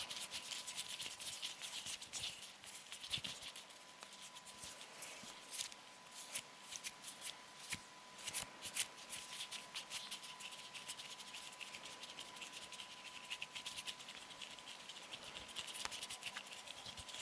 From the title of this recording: Hand Sounds (Fluttering, Rubbing, Plucking, Hand Cream ...)